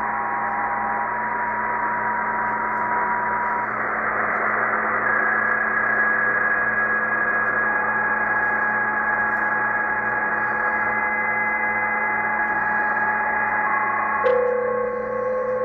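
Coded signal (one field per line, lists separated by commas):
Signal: PSK31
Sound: hissy band noise with several faint steady warbling tones, one stronger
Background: radio static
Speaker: because there's a dominant one it's much easier to manage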